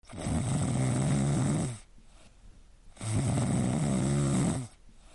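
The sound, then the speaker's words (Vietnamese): Loud, rumbling snores from three people sleeping on bunk beds in a rest room, in two long drawn-out breaths separated by a quiet pause, with layered low rattling tones. “Trong phòng nghỉ vang lên tiếng ngáy của ba người.”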